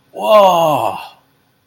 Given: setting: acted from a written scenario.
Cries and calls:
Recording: vocal sound without words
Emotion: amusement

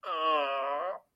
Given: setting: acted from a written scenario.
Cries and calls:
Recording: vocal sound without words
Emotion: pain

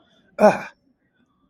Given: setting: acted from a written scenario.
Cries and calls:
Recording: vocal sound without words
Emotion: pain

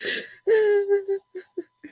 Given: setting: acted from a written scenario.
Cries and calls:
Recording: vocal sound without words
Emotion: sadness

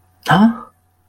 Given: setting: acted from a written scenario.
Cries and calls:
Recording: vocal sound without words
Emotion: negative surprise

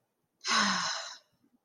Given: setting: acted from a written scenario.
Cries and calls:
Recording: vocal sound without words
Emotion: serenity

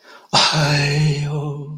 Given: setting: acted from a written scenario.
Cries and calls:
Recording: vocal sound without words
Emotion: pain

